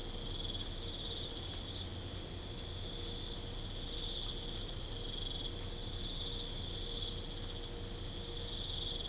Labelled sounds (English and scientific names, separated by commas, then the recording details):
none
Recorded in pastures near Puerto Asís, Putumayo, Colombia, on 22 December 2024 at 02:00
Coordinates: 0.496, -76.326
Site G004